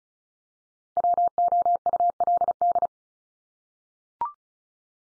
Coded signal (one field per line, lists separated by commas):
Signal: Morse code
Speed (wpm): 34 wpm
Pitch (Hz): 700 Hz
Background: none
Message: WOULD